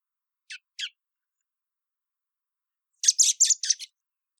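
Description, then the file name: Common blackbird calls: two sharp high squeaky notes, a pause, then a quick burst of several scratchy notes in silence. "Turdus merula"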